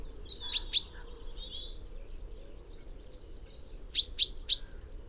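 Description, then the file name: Common chaffinch calls: a pair of sharp 'pink' notes, a quiet gap with faint twitters, then three more sharp calls in a row. "Fringilla coelebs"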